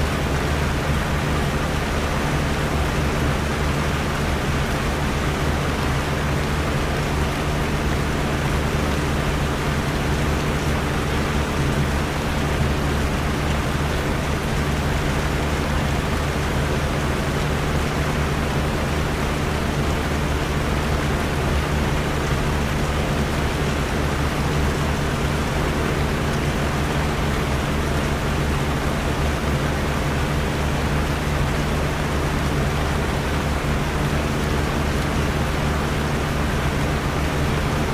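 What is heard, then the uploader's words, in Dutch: Rain and a fan run together as one dense, steady wash of white noise that never changes over the whole stretch. A low hum with a few even tones sits underneath, and the hiss reaches bright and high without any separate events. Regen-en ventilatorgeluiden witte ruis. Dit gecombineerde regen- en ventilatorgeluid creëert een krachtig witteruisgeluid.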